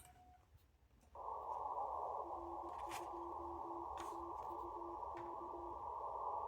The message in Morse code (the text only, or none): R2AUK